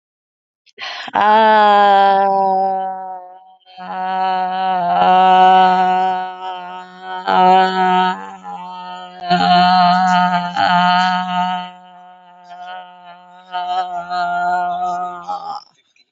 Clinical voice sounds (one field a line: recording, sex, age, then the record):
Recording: vowel held as long as possible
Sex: female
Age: 40 to 49 years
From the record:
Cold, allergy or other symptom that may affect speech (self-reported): no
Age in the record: 40 years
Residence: Alabama, United States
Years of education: 14